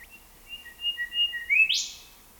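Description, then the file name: Australian golden whistler calling: level whistled notes held and repeated, then a loud, rapid upward sweep at the end. "Pachycephala Pectoralis"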